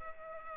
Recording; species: mosquito wingbeat signal from an infrared sensor; Culex pipiens